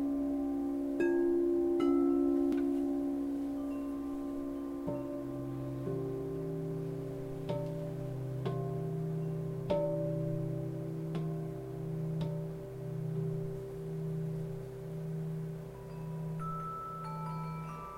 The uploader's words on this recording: LIVE CRYSTAL BOWL CONCERT. Full set single track recorded live at one of my crystal singing bowl concerts.